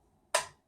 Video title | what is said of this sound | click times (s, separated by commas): My best camp light, studio light, on location filming light - Promaster LED308D Hands on Review | here on that snaps into place the first one doesn't do that and now the amber one will | 0.3 s